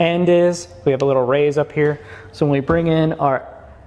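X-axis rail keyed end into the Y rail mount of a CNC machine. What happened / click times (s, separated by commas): Handled, not yet seated: no locking click heard / none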